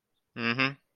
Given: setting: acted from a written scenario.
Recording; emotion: vocal sound without words; neutral